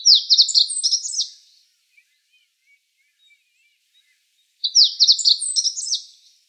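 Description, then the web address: Meadow bunting giving two bright, jumbled song phrases of high chirps and buzzy trills, each lasting under two seconds and separated by a pause of about three seconds. The setting is quiet. Recorded on 9 May 2013. "birdenaga hojiro"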